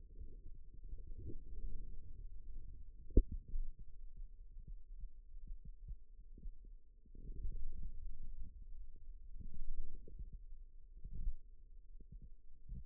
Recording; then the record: forearm muscle sounds (acoustic myography)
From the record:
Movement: radial deviation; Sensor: system 2, bracelet of six BSWA MPA416 microphones around the upper forearm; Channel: 4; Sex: male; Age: 22 years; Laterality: right